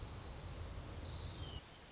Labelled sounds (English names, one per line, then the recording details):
Orange-crowned Warbler
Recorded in Sonoma County, California